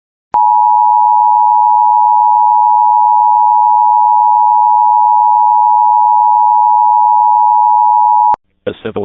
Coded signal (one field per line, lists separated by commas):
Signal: Emergency Alert System (SAME) tones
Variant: 853 and 960 Hz attention tone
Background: speech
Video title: South Carolina blue alert on my birthday EAS #48